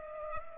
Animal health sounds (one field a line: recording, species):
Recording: mosquito wingbeat signal from an infrared sensor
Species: Culex pipiens